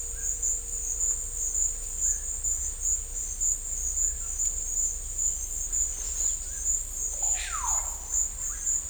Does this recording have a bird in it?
yes